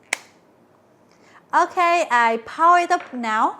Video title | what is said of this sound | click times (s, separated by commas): Mueller Multistick 5-in-1 Immersion Blender Unboxing - Shouldit Blender Series | push it in, and give it a small twist until it clicks. | 0.1 s